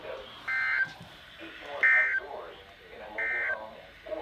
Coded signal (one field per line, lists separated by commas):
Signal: Emergency Alert System (SAME) tones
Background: speech